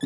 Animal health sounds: pig call; piglet (1 to 25 days)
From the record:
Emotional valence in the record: negative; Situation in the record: long isolation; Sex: female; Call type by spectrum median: low-frequency call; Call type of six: mixed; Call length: 0.06 s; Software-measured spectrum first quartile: 260 Hz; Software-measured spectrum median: 392 Hz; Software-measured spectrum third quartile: 2627 Hz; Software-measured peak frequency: 276 Hz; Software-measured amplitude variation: 52 dB a second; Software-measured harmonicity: 6.4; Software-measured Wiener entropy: -3.61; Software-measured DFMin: 1666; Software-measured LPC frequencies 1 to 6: 294, 1754, 3465, 3764, 5231, 5946 Hz

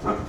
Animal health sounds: pig call; growing-finishing pig (85 days or more)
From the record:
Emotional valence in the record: positive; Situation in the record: run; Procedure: transit

